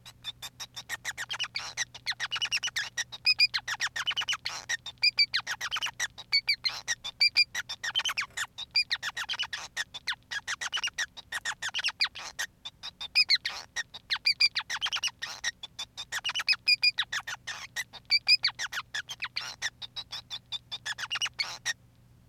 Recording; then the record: song of a male Bengalese finch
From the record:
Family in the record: son of father 5